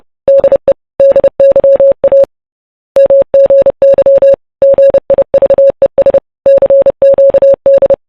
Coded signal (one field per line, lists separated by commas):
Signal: Morse code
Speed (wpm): 30 wpm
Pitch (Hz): 550 Hz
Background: none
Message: DE DYA MGY GIVES CQD